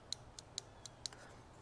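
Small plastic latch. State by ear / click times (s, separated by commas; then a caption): released / 0.1 s, 0.6 s, 1.1 s. The release latch button on a J1772 charging handle, plugged into an EVDANCE 80-amp compact Tesla-to-J1772 adapter, is pressed several times, producing sharp, bright latch clicks. The strongest clicks come at 0.1, 0.6 and 1.1 s, with fainter clicks in between. The latch is released each time, triggering the cut-off that stops charging before the handle is unplugged.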